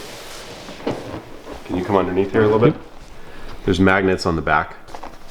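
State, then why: Not seated. Someone reaches under a magnetic panel and handles it toward the back of a 1love Sauna Dome dome sauna frame while talking, with brief handling knocks around 0.9 s, 1.7 s and 5.0 s. The panel has not seated or snapped onto the frame yet.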